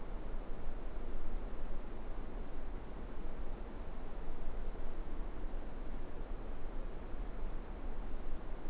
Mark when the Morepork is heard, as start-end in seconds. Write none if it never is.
none